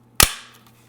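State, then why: Seated. A panel-mount push-button power switch, with its wires already fished through, is pressed into its mounting hole in a 3D-printed enclosure and snaps into place. A loud, sharp click lands at 0.2 s and rings out in a bright, fading tail over about a third of a second, followed by a faint tick near 0.7 s over a steady low hum. The button is seated in the panel.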